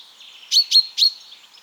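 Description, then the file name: Common chaffinch calling three crisp, high metallic notes spaced about a quarter second apart, each sharp at the start, against a quiet hissy background. "Fringilla coelebs"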